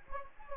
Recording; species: mosquito wingbeat signal from an infrared sensor; Anopheles gambiae